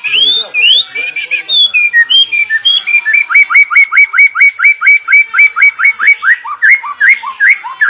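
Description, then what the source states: Sooty-headed bulbul giving a long, lively run of bright whistled notes, settling into a fast regular series of sharp upslurred chips. Sooty-headed bulbul singing actively (gacor); training recording for cage birds.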